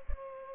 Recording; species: mosquito wingbeat signal from an infrared sensor; Culex pipiens